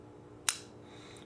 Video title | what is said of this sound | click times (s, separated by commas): New Graham Knives Video | you can hear it snap | 0.5 s